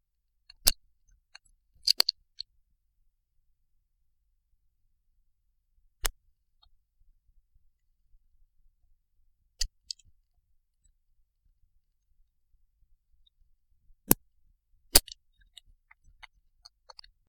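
Mouse coughs picked up by laboratory sound monitoring: brief, sharp broadband clicks scattered over a quiet background, some coming in quick pairs.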